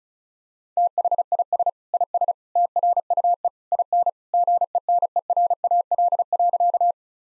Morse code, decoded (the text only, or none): THIS IS TRUE IN GENERAL.